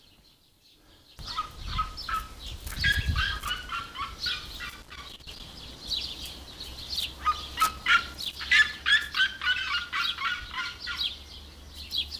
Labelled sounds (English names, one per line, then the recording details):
Red-legged Seriema call
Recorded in captivity
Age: adult
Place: Zoo Halle, Sachsen-Anhalt, DE
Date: 2002-06-17 15:33
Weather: sunny, 27°C
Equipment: Nagra SN, Kopie Uher 4000 Report Monitor
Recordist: Tembrock, Günter
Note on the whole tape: Zwei Tiere: Rufreihen. Entfernung ca. 20 m